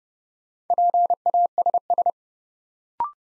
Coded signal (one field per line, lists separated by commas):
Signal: Morse code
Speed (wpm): 30 wpm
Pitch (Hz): 700 Hz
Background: none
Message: PASS